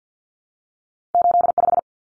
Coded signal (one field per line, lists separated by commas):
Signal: Morse code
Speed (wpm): 50 wpm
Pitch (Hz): 700 Hz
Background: none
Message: 85